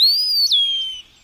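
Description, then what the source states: Eastern Wood-Pewee song: a single clear whistled phrase that rises slightly, then slurs downward, in an otherwise quiet background. Late summer song in a South Carolina backyard, a pseudo pine savanna; simple, definitive song that says its name.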